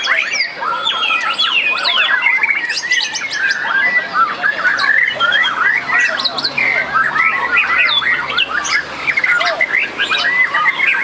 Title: murai batu